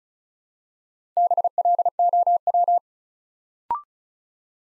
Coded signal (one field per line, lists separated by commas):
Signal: Morse code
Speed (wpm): 36 wpm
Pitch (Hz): 700 Hz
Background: none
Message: BLOW